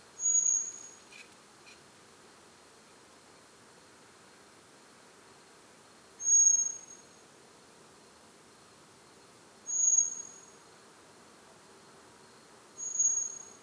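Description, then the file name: Common blackbird thin, high, drawn-out whistles repeated four times at uneven intervals, with a couple of faint lower ticks early on. "Turdus merula"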